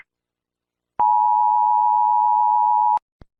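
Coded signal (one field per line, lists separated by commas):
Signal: Emergency Alert System (SAME) tones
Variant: 853 and 960 Hz attention tone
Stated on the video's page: Simulated EAS scenario for a fictional hurricane.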